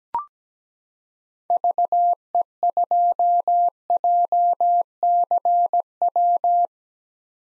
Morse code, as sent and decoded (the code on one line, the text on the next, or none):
...- . ..--- .--- -.-. .--
VE2JCW